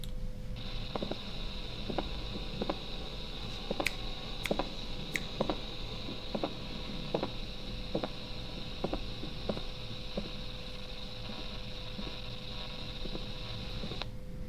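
Diastolic pericardial knock in an adult heart with constrictive pericarditis.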